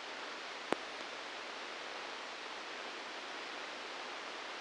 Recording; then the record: brain microelectrode recording played as sound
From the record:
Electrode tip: inside the subthalamic nucleus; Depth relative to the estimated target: 3 mm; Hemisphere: left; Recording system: NeuroSet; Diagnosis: Parkinson's disease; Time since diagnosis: 10 years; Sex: male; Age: 63 years